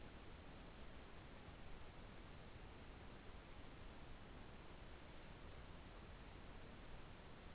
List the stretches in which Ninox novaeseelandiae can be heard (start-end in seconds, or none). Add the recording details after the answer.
none. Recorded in New Zealand. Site Taranaki